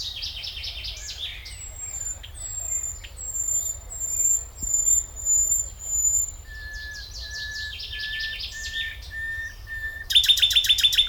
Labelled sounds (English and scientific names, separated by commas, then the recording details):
Common Nightingale (Luscinia megarhynchos) song
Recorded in the wild
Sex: male
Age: adult
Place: Schloßpark Babelsberg, Brandenburg, DE
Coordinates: 52.4053, 13.0928
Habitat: park
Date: 1996-06-07 17:30
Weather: sunny, 30-32°
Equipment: Sony MD-WM MZ-R3, Sennheiser MKH 416 T, Kopie Uher 4000 Report Monitor
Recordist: Tembrock, Günter